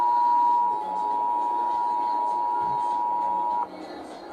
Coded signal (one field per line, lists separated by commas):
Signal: Emergency Alert System (SAME) tones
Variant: 853 and 960 Hz attention tone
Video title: Required Monthly Test EAS #166